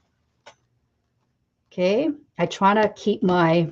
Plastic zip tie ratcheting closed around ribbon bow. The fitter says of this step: so you hear that click